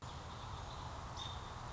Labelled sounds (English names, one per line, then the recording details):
American Robin
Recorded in Sonoma County, California